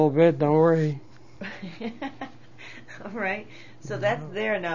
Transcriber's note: she laughs